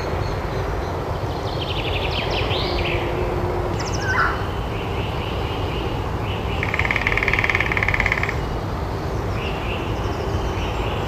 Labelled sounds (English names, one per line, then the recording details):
Lesser Spotted Woodpecker
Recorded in the wild
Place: Caldern, DE
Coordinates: 50.8453, 8.67167
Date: 1964-04-16 08:30
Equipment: Uher Report 4000, AKG D190
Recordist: Krey, Winfried